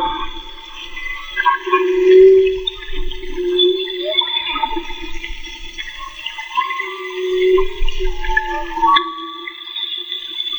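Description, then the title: Humpback whale song of sustained tonal moans near the low-mid range with higher harmonic bands, swelling and fading, plus faint low rumbling water noise. Humpback whale song recorded underwater with a Magma hydrophone in the Gulf of Tribugá during a marine soundscape project. "CANTO DE BALLENAS CON UN HIDROFONO MAGMA MAGMA 2-JORGE BARCO"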